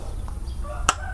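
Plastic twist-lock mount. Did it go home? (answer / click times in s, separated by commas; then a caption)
yes / 0.9 s. A phone's mounting plate, set into the four-hole quick-release holder on a bicycle handlebar, is rotated until its twist-lock engages. After a faint tick at about 0.3 s, a sharp, bright click sounds at 0.9 s over a low background hum. The mount is seated and locked firmly.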